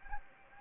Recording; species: mosquito wingbeat signal from an infrared sensor; Anopheles gambiae